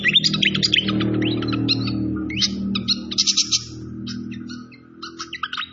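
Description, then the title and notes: Malaysian pied fantail song: bursts of fast, high chirping notes over a low rushing background sound that weakens later. Masteran (training recording) with clear-voiced song mixed with the sound of trickling water. "Masteran Sikatan Kipas Suara Jernih Dan Suara Gemericik Air. Suara Burung Sikatan Londo"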